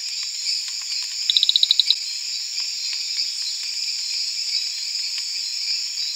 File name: Eleutherodactylus marmoratus